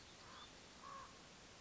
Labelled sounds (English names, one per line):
Common Raven